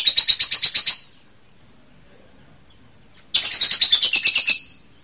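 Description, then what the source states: Songbird: two fast, rattling trills of high, bright notes, separated by a silent gap of about two seconds. Masteran song used to train songbirds.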